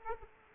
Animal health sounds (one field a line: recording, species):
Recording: mosquito wingbeat signal from an infrared sensor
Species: Aedes aegypti